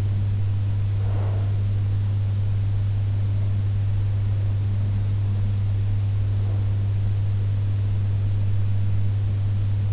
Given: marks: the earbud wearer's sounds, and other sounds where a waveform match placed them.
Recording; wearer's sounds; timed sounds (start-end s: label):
sounds in sleep by an in-ear microphone; breath
0.00-2.00 s: breath